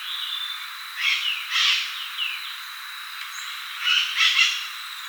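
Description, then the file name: Bird calls: soft rasping chatters in two short groups, with a brief downslurred note between them, over a steady thin whine and background hiss. "SABIOD 50 bird 2015"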